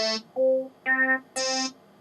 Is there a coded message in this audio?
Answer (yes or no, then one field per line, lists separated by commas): no